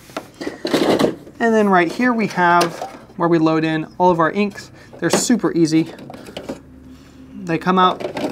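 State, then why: Not seated. An ink cartridge is handled at the ink bay of a Brother fabric printer while someone talks throughout. There are a couple of short, sharp handling taps near the start and a softer knock around 6.5 s. The cartridge has not yet clicked into place by the end of the clip.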